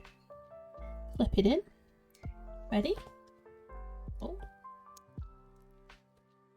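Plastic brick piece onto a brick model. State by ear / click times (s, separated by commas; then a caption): not seated / none. A plastic building-brick piece for the Lego set 21348 Dragon's Rest (bag 4) is being slotted and flipped into place on the brick model while someone talks over background music. Only a few faint handling taps are heard, and nothing has seated or clicked yet.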